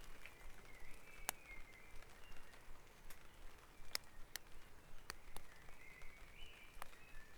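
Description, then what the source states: Birdsong at dawn: thin whistled notes and short warbling phrases come and go, mixed with scattered sharp clicks and a constant low hum. Dawn chorus recorded at Back Dragon Avenue, Harrogate, as part of a sound map of Harrogate.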